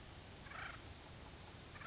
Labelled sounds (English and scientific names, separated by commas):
Acorn Woodpecker (Melanerpes formicivorus)